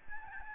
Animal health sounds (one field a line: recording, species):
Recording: mosquito wingbeat signal from an infrared sensor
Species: Aedes albopictus